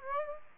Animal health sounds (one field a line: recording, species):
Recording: mosquito wingbeat signal from an infrared sensor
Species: Aedes aegypti